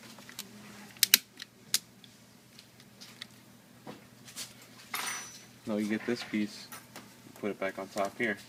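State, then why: Seated. A plastic trim piece is pressed back onto the screen assembly of a Samsung NP700Z7C-S Series 7 Ultrabook laptop during a screen replacement. Sharp snaps ring out at 1.0, 1.1 and 1.8 seconds as it clicks into place and seats, followed by quieter handling noise. Later, someone talks.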